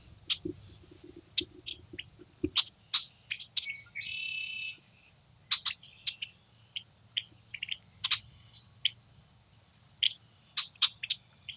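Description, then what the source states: Red-winged blackbird calling with scattered sharp chips and one brief buzzy phrase, plus a couple of thin whistles and low knocks early on. Nesting in cattails near a house in Montana; morning of April 21, 2022, after fresh snow; birds reacted to the furry-covered mic; Rode NTG-2 shotgun mic on boom pole, Zoom H4N recorder.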